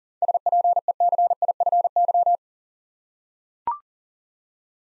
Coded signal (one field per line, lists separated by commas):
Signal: Morse code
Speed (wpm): 42 wpm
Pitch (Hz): 700 Hz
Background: none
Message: SPECIFY